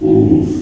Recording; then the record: squeal of a Yucatan mini pig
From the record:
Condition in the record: before surgery on the right vocal fold (resection and tissue-engineered implant); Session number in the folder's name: 1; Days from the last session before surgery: -21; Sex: female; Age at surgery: 19 weeks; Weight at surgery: 25 kg